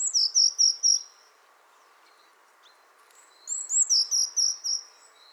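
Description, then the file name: Eurasian blue tit delivering two quick phrases of high whistles and rapid chirping notes, with a pause between. Faint background noise and other faint calls. "Cyanistes caeruleus"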